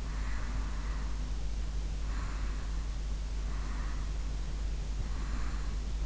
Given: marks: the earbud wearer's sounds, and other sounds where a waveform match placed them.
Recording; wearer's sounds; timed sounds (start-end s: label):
sounds in sleep by an in-ear microphone; breath
0.17-2.92 s: breath
3.37-5.82 s: breath